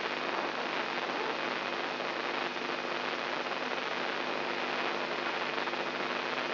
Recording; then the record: brain microelectrode recording played as sound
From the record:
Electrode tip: inside the subthalamic nucleus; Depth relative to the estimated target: -3 mm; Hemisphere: right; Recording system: AlphaMap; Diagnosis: Parkinson's disease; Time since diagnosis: 11 years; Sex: male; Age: 67 years